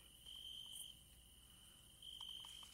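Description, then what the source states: Cricket sound, a thin continuous high-pitched trill that swells twice, over faint ticks and low hum. Field recording made in Bulgaria in 2019.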